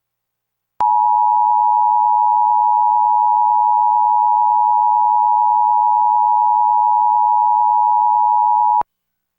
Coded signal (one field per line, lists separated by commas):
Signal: Emergency Alert System (SAME) tones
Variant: 853 and 960 Hz attention tone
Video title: EAS #909-910: 2 EAS Required Monthly Tests- Feb. 7, 2024- 12:15AM PST